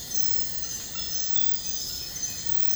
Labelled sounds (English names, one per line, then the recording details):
none
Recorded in secondary vegetation near Puerto Asís, Putumayo, Colombia, on 18 February 2024 at 03:00
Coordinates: 0.468, -76.324
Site G6381